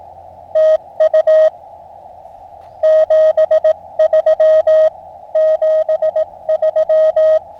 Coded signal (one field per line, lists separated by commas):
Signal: Morse code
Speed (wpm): 18 wpm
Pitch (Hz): 630 Hz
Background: none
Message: TU 73 73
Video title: QRP Radio in the Fall Colors of New Mexico. CW Morse code.